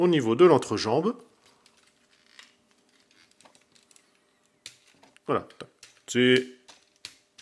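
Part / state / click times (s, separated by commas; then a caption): blue plastic clip piece into the crotch area of the figure / seated / 7.0 s. Someone talks while a blue plastic clip piece is pushed into place at the crotch area of a Masterpiece 4thParty MP44 KO V4 figure. Faint small clicks and ticks follow the talking, and a sharp click at 7.1 s marks the clip snapping in and seating.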